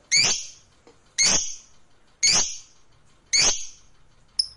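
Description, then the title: Lovebird squawks: four loud, harsh, rasping calls at a steady pace of about one per second, ending with a short clipped chirp. Fighter-class lovebird. "Begitu Dengar Suara Lovebird FIGHTER NGEKEK PANJANG"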